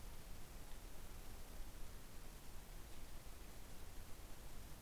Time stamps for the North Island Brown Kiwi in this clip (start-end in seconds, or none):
none